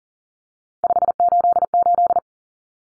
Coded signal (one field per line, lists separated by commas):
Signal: Morse code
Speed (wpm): 40 wpm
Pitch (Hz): 700 Hz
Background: none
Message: 588